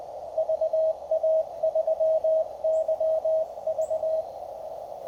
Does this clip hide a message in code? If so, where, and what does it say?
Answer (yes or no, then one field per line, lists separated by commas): yes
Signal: Morse code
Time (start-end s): 0.4-4.2 s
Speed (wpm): 18 wpm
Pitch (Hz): 630 Hz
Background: none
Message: VA3YV